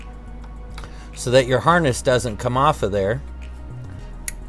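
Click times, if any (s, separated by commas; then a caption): 4.3 s. A wiring harness connector with a red retaining clip is pushed onto a sensor on a Grand Caravan / Town & Country during an intake manifold gasket replacement. Someone talks over a faint background hum, then at 4.3 s the red retaining clip is pushed forward with a sharp click. The connector is locked into place.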